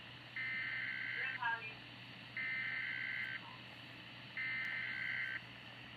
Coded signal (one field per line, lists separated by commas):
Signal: Emergency Alert System (SAME) tones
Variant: header bursts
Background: speech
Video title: RadioShack 12-258 unboxing